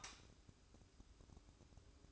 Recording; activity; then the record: daily activity, microphone in the room; light off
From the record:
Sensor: 2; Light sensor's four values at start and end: 14/40/16/16 and 9/22/9/9